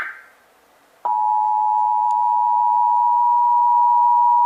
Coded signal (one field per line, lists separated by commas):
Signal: Emergency Alert System (SAME) tones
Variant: 853 and 960 Hz attention tone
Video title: (EAS #993-1,002) March 2026 Texas Required Monthly Test